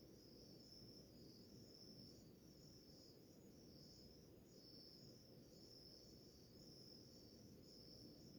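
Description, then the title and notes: Cricket chorus pulsing rhythmically, a shrill high trill over constant low background noise. Early morning in a village in the middle of the Mata Atlântica rainforest; a chorus of crickets. "Crickets, firsts birds in the early with morning rooster to deep relax - Grilos, pássaros e galo nas primeiras horas da manhã. Ouça a sinfonia de grilos em uma relaxante vila em meio a Mata Atlântica"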